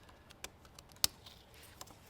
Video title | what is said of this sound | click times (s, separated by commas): The GREATEST Talaria Controller Has Arrived! // Torp TC500 Review/ Install | Again, these kind of click. You heard a little click there. | 1.0 s